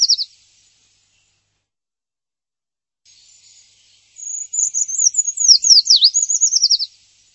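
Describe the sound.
Bird giving a short burst of high notes, then after silence a fast twittering phrase of rising and falling whistled sweeps lasting nearly three seconds.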